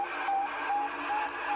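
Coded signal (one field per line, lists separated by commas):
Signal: radiosonde or satellite telemetry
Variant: Sputnik 1 beacon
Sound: regular short high beeps, about four in under two seconds, through hissing static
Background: radio static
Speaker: c'est pour cette raison apparemment que l'enregistrement de Sputnik 1 sonnait comme ça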